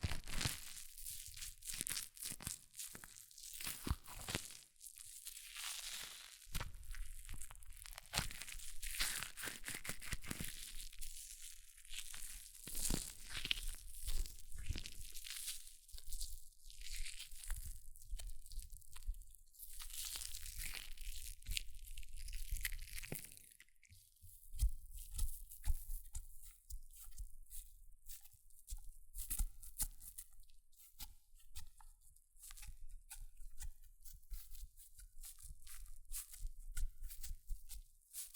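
Hair mousse fizzes and crackles in dense, rapid bursts of bright, hissing pops throughout. The crackling swells and fades in waves, with louder clusters around 6, 20 and 25 seconds and a thinner, sparser stretch of pops after about 24 seconds.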